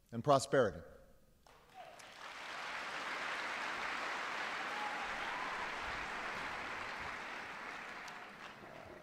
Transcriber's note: applause